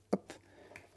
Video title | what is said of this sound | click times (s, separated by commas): Pensez à votre chat - Indispensable… si vous aimez votre animal… ;) | se clipse ouais il se clipse et donc en fait du coup il est vraiment il est branché et il est bien tenu parce | 0.1 s